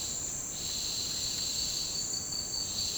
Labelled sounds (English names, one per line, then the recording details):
none
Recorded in dense forest near Puerto Asís, Putumayo, Colombia, on 24 March 2025 at 08:30
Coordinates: 0.485, -76.318
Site G056